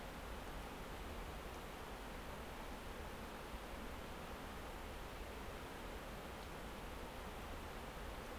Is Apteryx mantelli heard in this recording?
no